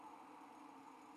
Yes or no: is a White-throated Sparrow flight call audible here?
no